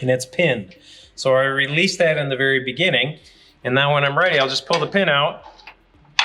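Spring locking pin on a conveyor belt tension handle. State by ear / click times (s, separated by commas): seated / 6.2 s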